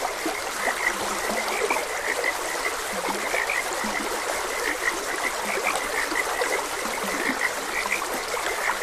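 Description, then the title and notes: Frog chorus with many quick, chirpy notes and a few low, drawn-out croaks, all set against continuous trickling stream noise. Frogs croaking beside a gentle stream. "Gentle Stream and Frogs Croaking - Calming Sounds of Nature. Sleep and Relaxation Podcast"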